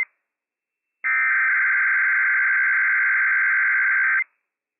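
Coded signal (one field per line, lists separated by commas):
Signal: Emergency Alert System (SAME) tones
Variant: header bursts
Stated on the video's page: Required Weekly Test EAS tones issued by civil authorities for the Inland Northwest, relayed via WWF56.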